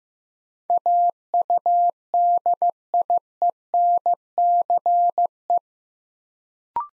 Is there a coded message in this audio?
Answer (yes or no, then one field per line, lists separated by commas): yes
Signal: Morse code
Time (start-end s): 0.7-5.6 s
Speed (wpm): 15 wpm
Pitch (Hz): 700 Hz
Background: none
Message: AUDIENCE